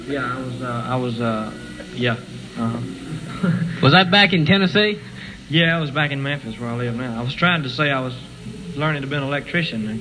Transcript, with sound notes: Yeah, I was err, I was err.. Yeah, Uh-huh. (laughs)
Was that back in Tennessee?
Yeah, it was back in Memphis, where I live now. I was trying to say I was learnin' to be an electrician.